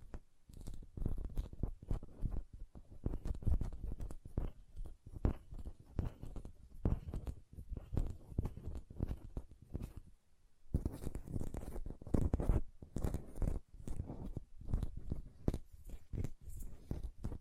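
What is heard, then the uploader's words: Hand sounds: dense, quick clicks and taps with soft rubbing and squishy friction between them. The texture is busy and uneven throughout, with a short near-silent pause around ten seconds before brighter, sharper taps resume. ASMR Hand Sounds, Nail Tapping and Lotion Sounds (No Talking).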